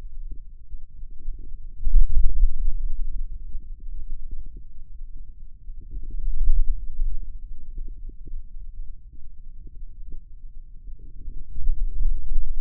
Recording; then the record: forearm muscle sounds (acoustic myography)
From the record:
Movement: hand opening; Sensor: system 2, bracelet of six BSWA MPA416 microphones around the upper forearm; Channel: 6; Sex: male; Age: 22 years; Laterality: right